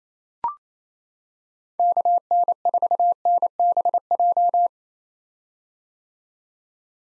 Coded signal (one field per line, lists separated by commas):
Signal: Morse code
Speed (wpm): 28 wpm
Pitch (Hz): 700 Hz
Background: none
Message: KN4NBJ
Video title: 2023 POTA Activator Call Signs - 28wpm